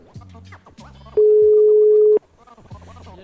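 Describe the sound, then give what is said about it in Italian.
A single steady, mid-pitched ringback tone of an outgoing phone call placed from a radio studio sounds for about a second, loud and even, with people talking just before and after it. “Adesso chiamiamo la persona con cui ce la prenderemo più di tutte, perché non è qua.”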